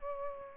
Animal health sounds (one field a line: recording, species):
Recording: mosquito wingbeat signal from an infrared sensor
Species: Aedes albopictus